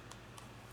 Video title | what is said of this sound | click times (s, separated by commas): Sony Alpha a6400 unboxing! | closes with a nice click there | 0.1 s, 0.4 s